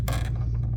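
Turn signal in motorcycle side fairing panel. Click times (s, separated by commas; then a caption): 0.1 s. A turn signal on a Kawasaki Ninja 400 / Ninja 500 motorcycle side fairing panel is pressed from the back side of the panel until its plastic retaining clip releases with a sharp click at 0.1 s. Faint scraping follows over a steady low hum. The clip is released, so the turn signal can be pulled out.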